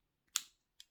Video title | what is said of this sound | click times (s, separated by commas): Transformers: Animated Swindle | and this is super satisfying click are you ready | 0.4 s